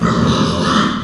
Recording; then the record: squeal of a Yucatan mini pig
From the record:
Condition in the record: after surgery on the right vocal fold (resection and tissue-engineered implant); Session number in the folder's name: 12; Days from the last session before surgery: 105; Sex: female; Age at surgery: 19 weeks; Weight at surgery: 25 kg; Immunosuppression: prednisolone